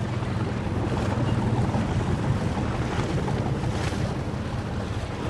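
A ship's engine drones in a steady, low rumble as it moves slowly along a river, with a constant wash of water and wind noise and no voices throughout.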